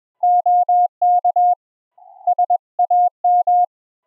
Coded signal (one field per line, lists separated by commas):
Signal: Morse code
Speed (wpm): 20 wpm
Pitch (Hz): 720 Hz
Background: none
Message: OK SAM